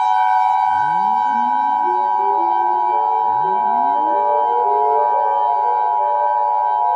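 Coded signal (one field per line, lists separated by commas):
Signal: Emergency Alert System (SAME) tones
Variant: 853 and 960 Hz attention tone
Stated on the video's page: Simulated EAS scenario for a West Coast earthquake.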